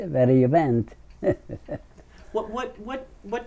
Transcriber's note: chuckles